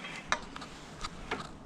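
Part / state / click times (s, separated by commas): pump component into paint sprayer housing / seated / 0.3 s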